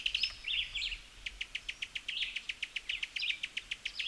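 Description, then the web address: Cuban tody calls: a fast, even train of sharp ticking notes over several seconds, mixed with short warbled phrases. "sound Cuban-tody. صدای-پرنده-تودی-کوبایی"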